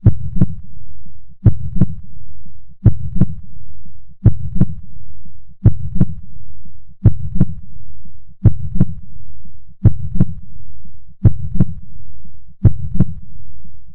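Slow, regular adult human heartbeats at about 43 per minute, each beat a paired lub-dub thump, over a low continuous rumble.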